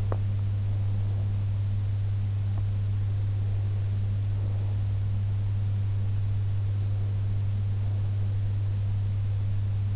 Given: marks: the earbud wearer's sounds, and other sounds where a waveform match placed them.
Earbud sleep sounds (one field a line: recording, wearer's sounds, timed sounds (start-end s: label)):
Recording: sounds in sleep by an in-ear microphone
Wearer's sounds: teeth grinding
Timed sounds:
0.00-0.33 s: teeth grinding